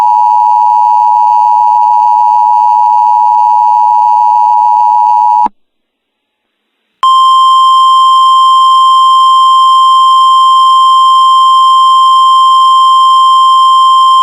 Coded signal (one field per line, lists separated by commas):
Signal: Emergency Alert System (SAME) tones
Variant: 853 and 960 Hz attention tone